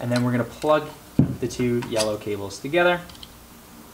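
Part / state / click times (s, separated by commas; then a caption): yellow tether power cable connector into matching yellow connector on drone battery-replacement mount / not seated / none. Someone talks while a yellow BlueVigil tether power cable connector is pushed by hand toward the matching yellow connector on the battery-replacement mount of a DJI Matrice 200/210 drone. Only handling sounds are heard under the speech, and nothing has seated or clicked yet.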